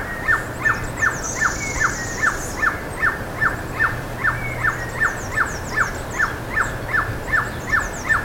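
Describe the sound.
Bird calls, a rapid, regular series of short dropping notes, about two or three each second, with faint high trills and a low hum behind.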